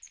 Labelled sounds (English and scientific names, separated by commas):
Magnolia Warbler (Setophaga magnolia) flight call